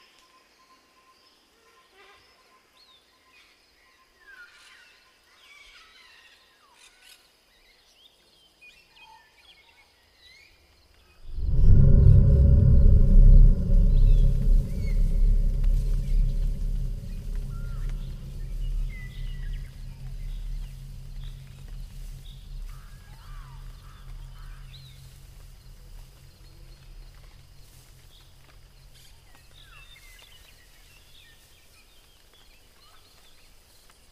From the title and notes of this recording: Mysterious jungle ambience | beastlands | deep roar | dangerous forest. Listen carefully you also hear the mysterious deep roar, moaning from distance.